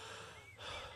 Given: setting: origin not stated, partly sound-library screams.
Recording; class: one-second piece from a danger detection set; normal situation